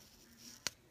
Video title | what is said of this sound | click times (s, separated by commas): Younique's NEWLY FORMULATED - 3D Fiber Lash+ Mascara - FB Live | can even hear it pop a little bit so | 0.7 s